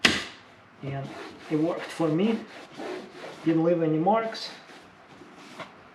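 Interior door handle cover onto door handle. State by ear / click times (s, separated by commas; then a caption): seated / 0.1 s. A plastic interior door handle cover on a BMW E9X is squeezed with a tool against the inner part of the door handle until it clicks into place. A sharp single snap is heard at 0.0 s, and then someone talks. The cover is seated.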